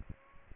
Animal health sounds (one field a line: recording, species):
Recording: mosquito wingbeat signal from an infrared sensor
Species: Aedes aegypti